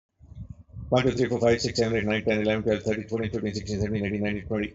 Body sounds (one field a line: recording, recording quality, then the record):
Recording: counting at a fast pace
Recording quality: excellent, no background noise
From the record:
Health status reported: healthy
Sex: male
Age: 59 years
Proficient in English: yes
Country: India